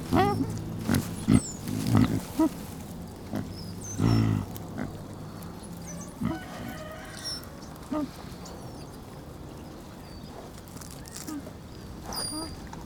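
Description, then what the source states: Pig grunting, a burst of several quick low grunts early on, then sparse single grunts amid rustling and faint chirping birds. Piglets hanging out together.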